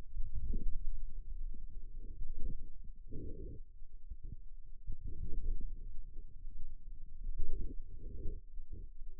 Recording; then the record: forearm muscle sounds (acoustic myography)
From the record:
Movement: outward rotation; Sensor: system 2, bracelet of six BSWA MPA416 microphones around the upper forearm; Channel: 6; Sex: male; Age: 22 years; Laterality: right